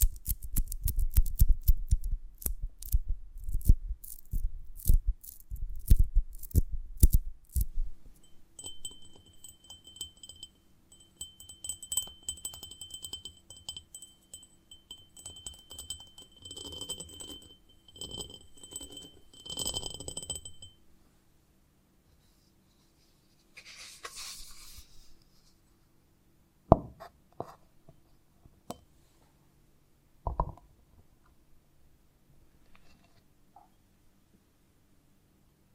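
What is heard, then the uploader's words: Handling sounds from a honeycomb on a branch: the first eight seconds bring dense, rapid crackling and tapping. After that comes sparser rustling with a steady high ringing tone through the middle, then near-quiet with a soft hiss around 24 seconds and a few sharp knocks near 27 and 30 seconds. ASMR of a Honeycomb on Branch (No Talking).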